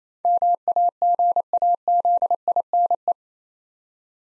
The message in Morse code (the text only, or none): MAGAZINE